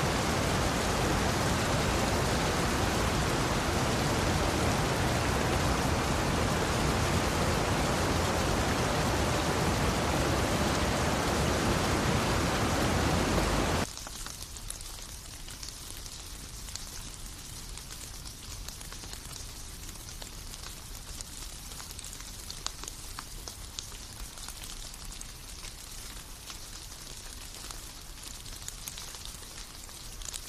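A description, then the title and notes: Rain pours in a loud, dense, even hiss for about fourteen seconds, then abruptly drops to a softer, thinner patter with scattered drips. Rainy Bliss: Experiencing the Serene Rain.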